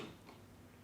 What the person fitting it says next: you hear it click into place and you're done